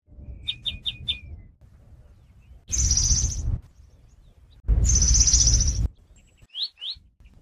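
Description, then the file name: European greenfinch calls: four quick chirps, then two long, loud, wheezy buzzes, each about a second, then two short rising notes, with low rumbling noise underneath. "Chloris chloris"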